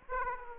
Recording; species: mosquito wingbeat signal from an infrared sensor; Aedes aegypti